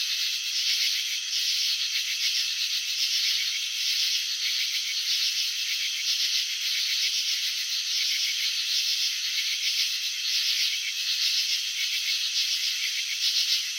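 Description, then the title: Crickets chirp in a steady, rattling high-pitched drone with pulsed bursts repeating throughout the long stretch. Crickets chirping, filmed with slow-motion technology showing wing vibrations and antenna movements. "Crickets in Slow Motion. Capturing the Elegance of Chirping"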